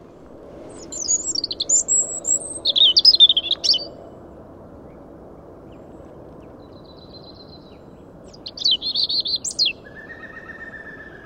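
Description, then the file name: European robin song: two high, wavering phrases of varied notes separated by a long pause, the second followed by a lower drawn-out note. "Erithacus rubecula"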